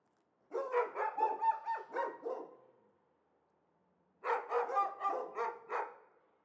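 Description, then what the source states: Dog barking in two rapid bursts of about eight barks each, separated by a short quiet gap. Two or perhaps three dogs, apparently caged and unseen, excite one another at every outside noise; Arveyron river rushing continuously in distance; Chamonix-Mont-Blanc, Auvergne-Rhône-Alpes, France.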